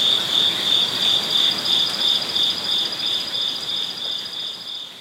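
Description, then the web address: Crickets chirping: a steady, high pulsed trill repeating about three times a second, with a fainter higher tone above and a constant soft hiss beneath. Several crickets at night by a koi pond in a zen garden, Kyoto, Japan. "lynne-publishing amb crickets koipond Kyoto zen garden night Japan"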